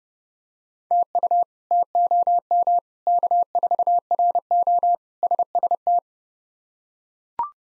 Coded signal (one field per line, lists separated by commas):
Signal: Morse code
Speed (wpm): 30 wpm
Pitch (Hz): 700 Hz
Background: none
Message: TU TOM K4RO SST